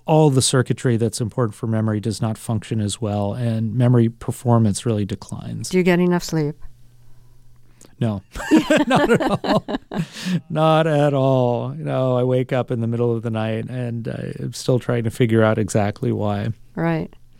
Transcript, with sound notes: All the circuitry that's important for memory does not function as well. And memory performance really declines.
Do you get enough sleep?
No.
(LAUGHTER)
Not at all. Not at all. No. I wake up in the middle of the night, and I'm still trying to figure out exactly why.